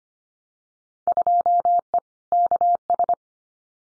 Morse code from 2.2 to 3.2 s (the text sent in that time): KS